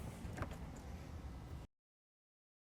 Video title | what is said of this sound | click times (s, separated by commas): How to Install Gator FX Hard Folding Tonneau Cover at AutoCustoms.com | you'll hear the latches engage when it locks into the rails | 0.4 s